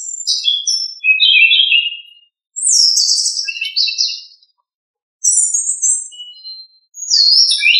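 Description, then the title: Thrush song in clear whistled phrases of about two seconds, each dropping from high to lower notes, separated by short pauses. "Familia Turdidae - Sabia"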